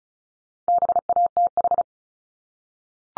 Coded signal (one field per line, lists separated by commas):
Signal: Morse code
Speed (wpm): 36 wpm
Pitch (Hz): 700 Hz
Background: none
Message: BATH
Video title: Multi-letter Phonemes 35wpm